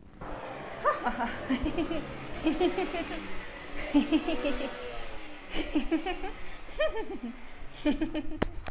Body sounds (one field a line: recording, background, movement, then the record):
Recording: laughter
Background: traffic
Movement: walking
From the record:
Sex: female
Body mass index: 22.6 kg/m2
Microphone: on the chest, facing outward